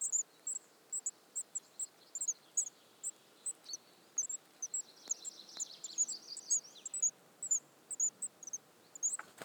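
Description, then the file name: Eurasian Blue Tit calls heard as faint, high, clipped notes spaced roughly every half second, with a steady soft background hiss. "Cyanistes caeruleus"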